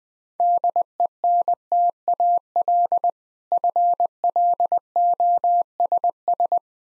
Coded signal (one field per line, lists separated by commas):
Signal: Morse code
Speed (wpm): 20 wpm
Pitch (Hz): 700 Hz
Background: none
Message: DENTAL FLOSS